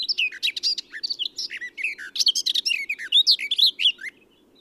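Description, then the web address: Eurasian blackcap pours out a continuous, fast warble of bright twisting notes, shifting pitch constantly, ending abruptly after about four seconds. "SETE Sylvia atricapilla"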